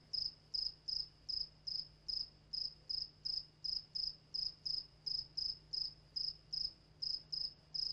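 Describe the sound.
Cricket chirps, sharp and high, repeating at a steady quick tempo of about two to three per second, against a quiet hum.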